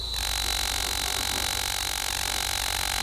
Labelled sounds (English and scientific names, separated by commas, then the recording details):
none
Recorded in forest near Pivijay, Magdalena, Colombia, on 18 April 2023 at 07:30
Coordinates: 10.467, -74.380
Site Z5-G034